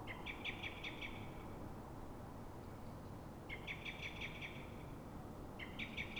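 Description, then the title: Common blackbird alarm call: three rapid rattling bursts of hard, metallic notes, roughly every two to three seconds, over a steady low rumble. Frightened or threatened blackbird at dawn, probably reacting to another blackbird; Pl. de Francisco Escolar, Fuenlabrada, Madrid, Spain; Zoom H1n recorder. "Pl. de Francisco Escolar, 10, 28944 Fuenlabrada, Madrid, España - Mirlo asustado"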